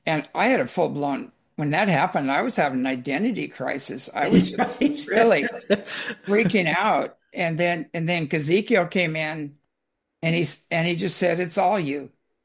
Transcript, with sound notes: And I had a full-blown... When that happened, I was having an identity crisis. I was just-
(laughs) Right.
... really freaking out, and then, and then Ezekiel came in, and he's, and he just said, "It's all you."